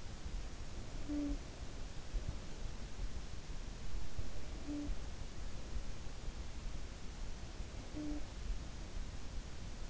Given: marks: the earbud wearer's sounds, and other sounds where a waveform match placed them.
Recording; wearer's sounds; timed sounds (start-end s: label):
sounds in sleep by an in-ear microphone; talking in sleep
0.00-2.25 s: talking in sleep
3.65-5.89 s: talking in sleep
7.19-9.37 s: talking in sleep